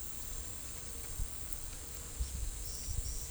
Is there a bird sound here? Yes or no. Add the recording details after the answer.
no. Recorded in pastures near Puerto Asís, Putumayo, Colombia, on 21 December 2024 at 12:30. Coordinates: 0.487, -76.322. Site GP09